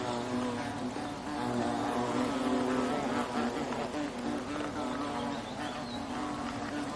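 European hornet wing buzz, a sustained low drone with small pitch wobbles running throughout, fairly steady in loudness.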